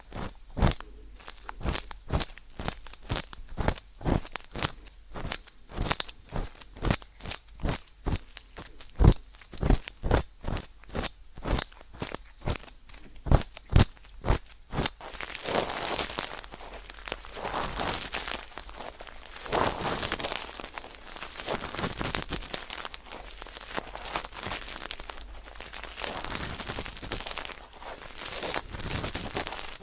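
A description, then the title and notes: Ear cleaning with a feather pick. For the first fifteen seconds, sharp crackling clicks come quickly and fairly regularly, about three per second. After that it turns into softer, slower brushing sweeps with a steady faint hiss underneath. Ear cleaning. 3DIO 마이크를 이용한 귀청소!! 앞에는 속닥속닥 수다 많이떨구 뒤에는 점점 말이 줄어갑니다! Feather pick (솜털귀이개).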